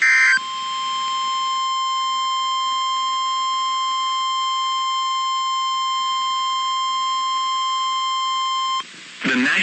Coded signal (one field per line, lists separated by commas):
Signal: Emergency Alert System (SAME) tones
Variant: 1050 Hz attention tone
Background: speech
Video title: OVER 300 ALERTS NOW! - EAS Alerts from 7/27/2023 EAS (#294-#306)